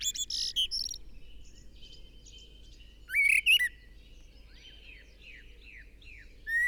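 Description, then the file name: Common blackbird with a burst of high squeaky twitter at the start, a loud warbled whistle midway, and soft repeated chirps before a final note. "Turdus merula"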